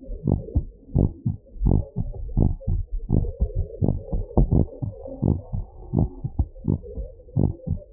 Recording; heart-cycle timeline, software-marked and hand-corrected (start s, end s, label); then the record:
heart sounds
0.00	0.26	diastole
0.26	0.36	S1
0.36	0.52	systole
0.52	0.63	S2
0.63	0.94	diastole
0.94	1.07	S1
1.07	1.23	systole
1.23	1.34	S2
1.34	1.67	diastole
1.67	1.78	S1
1.78	1.97	systole
1.97	2.04	S2
2.04	2.37	diastole
2.37	2.47	S1
2.47	2.71	systole
2.71	2.78	S2
2.78	3.13	diastole
3.13	3.23	S1
3.23	3.39	systole
3.39	3.46	S2
3.46	3.84	diastole
3.84	3.93	S1
3.93	4.13	systole
4.13	4.23	S2
4.23	4.51	diastole
4.51	4.59	S1
4.59	4.80	systole
4.80	4.91	S2
4.91	5.21	diastole
5.21	5.33	S1
5.33	5.54	systole
5.54	5.61	S2
5.61	5.94	diastole
5.94	6.04	S1
6.04	6.23	systole
6.23	6.32	S2
6.32	6.66	diastole
6.66	6.75	S1
6.75	6.95	systole
6.95	7.06	S2
7.06	7.36	diastole
7.36	7.47	S1
7.47	7.65	systole
7.65	7.76	S2
7.76	7.93	diastole
From the record:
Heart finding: normal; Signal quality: good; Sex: male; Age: 71 years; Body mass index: 28.9